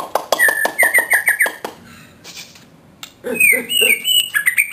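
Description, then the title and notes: White-rumped shama song: a rapid series of sharp ticks mixed with short rising whistled notes, a brief quiet gap, then a fresh burst of quick upslurred whistles and chips. Song of the bird known locally as murai batu, used as 'masteran' tutor material for training caged songbirds. "Suara Kicau Burung Murai Batu. burung murai buat masteran"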